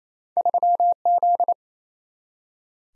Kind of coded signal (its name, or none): Morse code